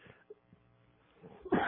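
Mostly quiet low-level room sound, then a single sudden, loud, harsh burst near the end: one short cough from an adult man. It is an isolated cough, not a run or fit of coughing; he coughs occasionally.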